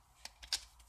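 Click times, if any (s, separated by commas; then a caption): none. A plastic back cover is handled against the body of a Blackview BV2000 smartphone after the SIM, micro SD slots and battery are shown. Brief sharp handling ticks are heard, the loudest around 0.5 s. Nothing has seated or clicked into place yet.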